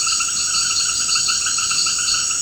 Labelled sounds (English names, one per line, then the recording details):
none
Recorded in secondary vegetation near Puerto Asís, Putumayo, Colombia, on 21 March 2025 at 18:30
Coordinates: 0.488, -76.319
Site G095